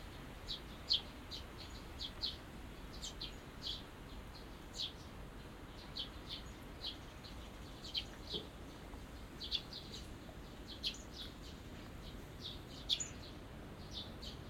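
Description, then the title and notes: Small birds twittering, quick high chirps repeated throughout over gentle background noise. Binaural recording in a small garden in a corner of Yushima Tenjin shrine, Tokyo, Japan, surrounded by buildings, after rain. "小鳥のさえずり、雨上がりの庭園にて（Binaural）- Birds singing in the garden. 湯島天神の片隅にある小さな庭園で録音しました。"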